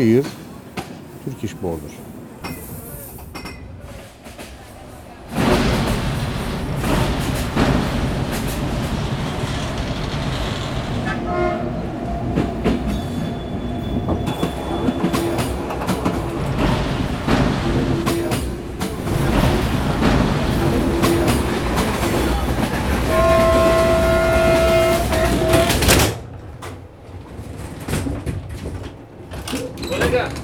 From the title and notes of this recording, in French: Le Bosphore Express relie Bucarest (Roumanie) à Istanbul (Turquie) en traversant toute la Bulgarie. Vingt heures de voyage dans un beau et vieux train comme on n'en entend plus. Enregistrements : août 2009.